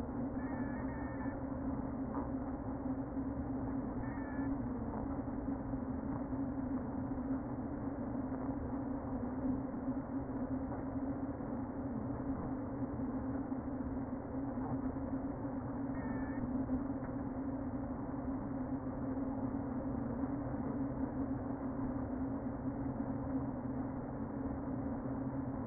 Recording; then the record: honeybee colony, microphone inside the hive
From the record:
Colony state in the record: queen present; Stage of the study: before two queens were removed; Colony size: about 60,000 bees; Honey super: yes